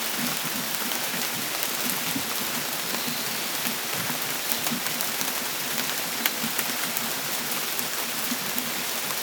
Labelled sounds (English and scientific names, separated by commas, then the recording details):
none
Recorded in dense forest near Puerto Asís, Putumayo, Colombia, on 24 June 2025 at 18:00
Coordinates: 0.484, -76.325
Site H65